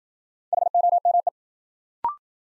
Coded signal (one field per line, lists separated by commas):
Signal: Morse code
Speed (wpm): 53 wpm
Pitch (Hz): 700 Hz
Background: none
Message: HOME